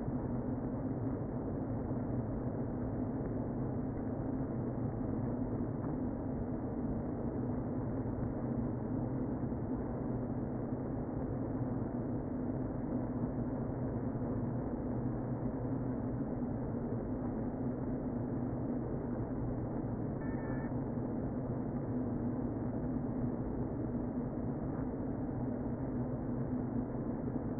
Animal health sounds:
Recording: honeybee colony, microphone inside the hive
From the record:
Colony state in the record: queen present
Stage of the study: before two queens were removed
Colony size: about 60,000 bees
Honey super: yes

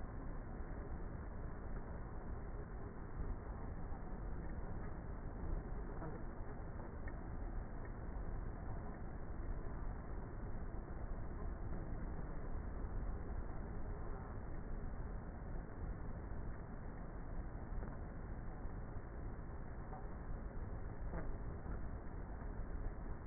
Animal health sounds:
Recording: honeybee colony, microphone inside the hive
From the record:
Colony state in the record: queenless with a low population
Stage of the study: before two queens were removed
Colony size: about 30,000 bees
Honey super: no

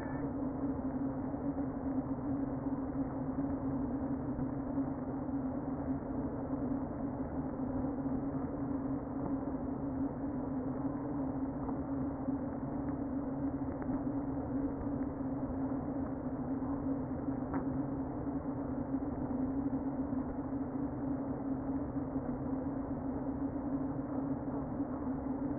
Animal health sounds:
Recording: honeybee colony, microphone inside the hive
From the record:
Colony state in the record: queen present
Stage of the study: before two queens were removed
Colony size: about 60,000 bees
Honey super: yes

